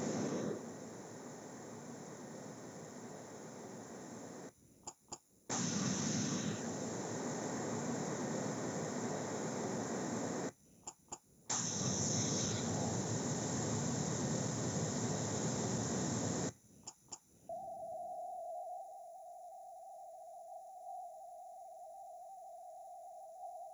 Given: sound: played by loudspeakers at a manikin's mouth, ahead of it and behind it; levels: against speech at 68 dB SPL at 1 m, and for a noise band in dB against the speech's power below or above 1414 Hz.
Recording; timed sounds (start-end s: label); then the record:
test signals for a remote microphone
0.00-4.49 s: speech-spectrum noise, -10 dB
4.86 s: click
5.11 s: click
5.49-10.49 s: speech-spectrum noise, 0 dB
10.86 s: click
11.11 s: click
11.49-16.49 s: speech-spectrum noise, +10 dB
16.86 s: click
17.11 s: click
17.49-23.74 s: noise band at 707 Hz, as loud as that band is in speech
From the record:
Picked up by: remote microphone A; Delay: 47 ms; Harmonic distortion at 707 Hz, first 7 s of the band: under -40 dB